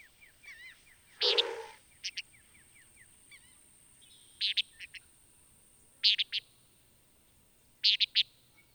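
Antillean nighthawk giving short stuttering calls of two or three notes, with a loud harsh burst early on and thin downslurred chips.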